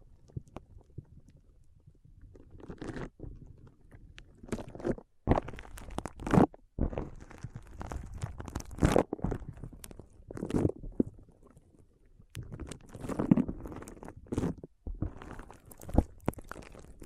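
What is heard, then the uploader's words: Foam being squeezed and rubbed for an ASMR brain massage gives soft, crackly rustling that swells and fades in bursts. Sharper crunchy squishes stand out around 5–7, 9, 11, 13 and 16 seconds, with quieter murmuring texture and brief near-silent gaps between them. ASMR Powerful Foam Brain Massage.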